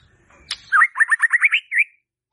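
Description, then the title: White-rumped shama song: a sharp opening note followed by a rapid run of looping, rising whistled notes and a final upturned whistle. Used as a lure (pancingan) for a stressed shama that has stalled (macet) in its singing. "PANCINGAN Murai Batu STRES & MACET"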